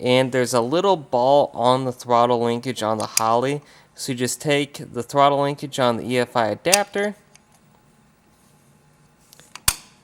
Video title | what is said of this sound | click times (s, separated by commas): Holley EFI Willys L134 Adapter Kit - The Complete Overview & Installation Guide | and it just snaps into place and that is what your finished EFI throttle linkage looks like | 9.7 s